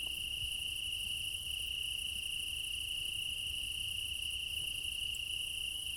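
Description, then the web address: Continuous high-pitched cricket trilling, a dense unchanging chorus with a fainter shimmering layer above it and soft low background noise. Meadow at night in Crimea during summer; several crickets; recorded with an ORTF stereo microphone pair. "Game Audio Bundle Alexander Kopeikin - Quad ambience of Crimea in summer 20 meadow night ambience, crickets"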